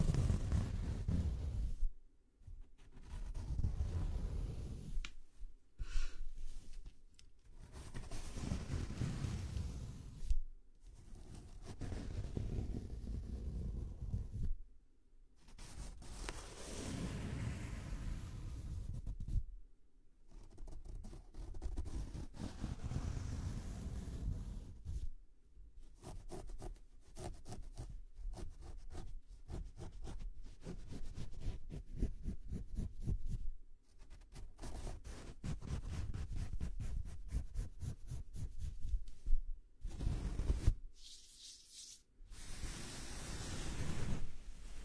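A head and shoulder massage: hands rub steadily against skin, hair and fabric, giving a dense, scratchy rustle with a heavy low thump underneath. The strokes come in long runs broken by short silences every few seconds, with faster, choppier rubbing in the middle stretch.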